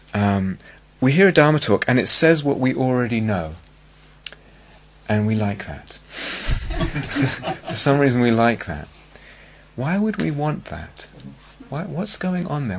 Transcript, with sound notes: -- we hear a Dharma talk, and it says what we already know, and we like that. [laughter] For some reason, we like that. Why would we want that? What's going on there?